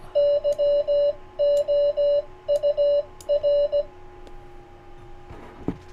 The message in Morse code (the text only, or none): YOUR